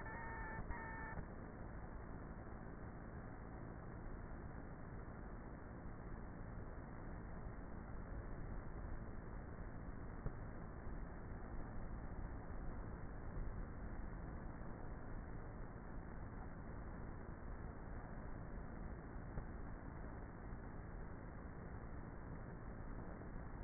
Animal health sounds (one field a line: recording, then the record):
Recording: honeybee colony, microphone inside the hive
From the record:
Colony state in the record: queenless with a low population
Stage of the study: before two queens were removed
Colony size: about 30,000 bees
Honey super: no